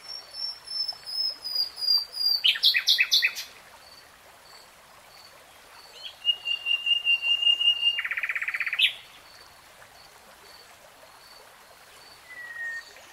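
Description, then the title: Nightingale song phrases: clipped chirps building to a loud burst, a long thin whistle sliding into a rapid buzzing rattle, then a quiet note. Recorded in real time. "[Tiếng chim hót] 3 Hours REALTIME Nightingale Singing"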